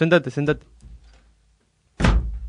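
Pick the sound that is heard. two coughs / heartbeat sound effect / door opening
door opening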